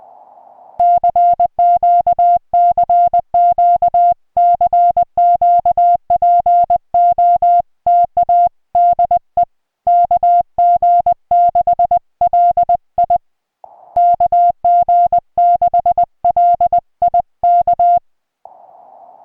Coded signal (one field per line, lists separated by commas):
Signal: Morse code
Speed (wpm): 20 wpm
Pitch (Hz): 700 Hz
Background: music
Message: CQ CQ CQ POTA DE KG6LI KG6LI K